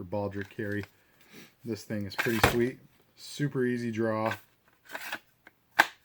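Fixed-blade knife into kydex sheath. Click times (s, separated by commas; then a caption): 5.8 s. Someone talks as a Red Rhino Customs fixed-blade knife is pushed back into its Black Bear Custom kydex sheath. It snaps home with a sharp click at 5.8 s, seated with no rattle and no play.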